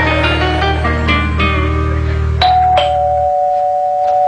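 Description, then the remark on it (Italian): A doorbell rings on and on, a loud sustained electric buzz with struck tones layered over it, then cuts off and leaves a single high ringing note fading out. “Il campanello più lungo della storia del TV.”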